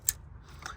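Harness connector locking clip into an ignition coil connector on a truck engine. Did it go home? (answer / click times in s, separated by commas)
yes / 0.1 s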